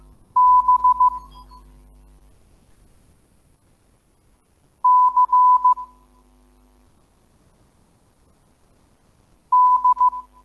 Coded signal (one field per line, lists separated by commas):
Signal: Morse code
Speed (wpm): 15 wpm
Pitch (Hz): 1000 Hz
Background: none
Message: B C D